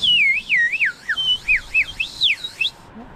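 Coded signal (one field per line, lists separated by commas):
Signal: whistled language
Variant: Turkish kuş dili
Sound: one loud whistle gliding up and down in quick syllable-like arcs, then stops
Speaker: kuş dilii Efsane bir şey Biz karşıdan karşıya öyle konuşuyorsun önceden telefon yoktu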